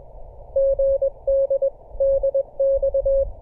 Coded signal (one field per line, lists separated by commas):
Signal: Morse code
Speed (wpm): 21 wpm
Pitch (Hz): 560 Hz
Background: none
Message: GD DX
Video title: Building a Delta Loop Antenna For The 30m Band, Part 2.